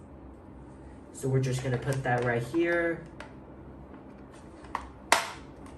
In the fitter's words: Yep, when you hear a click, you'll know it's secure.